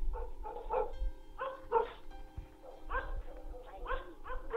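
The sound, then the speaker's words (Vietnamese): A dog barks furiously and repeatedly in quick, agitated bursts, growing ever fiercer, the sharp yaps coming in clusters over a low background hum. “Tuy nhiên tiếng chó sủa thì càng lúc càng lồng lên dữ dội, như là con chó nó đang cắn ma.”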